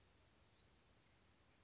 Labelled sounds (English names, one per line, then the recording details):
Bewick's Wren
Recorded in Sonoma County, California